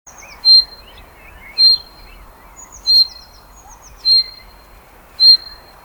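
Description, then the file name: Common chaffinch calling: a sharp, metallic single note repeated about every second, with faint twittering from other birds in the background. "Fringilla coelebs"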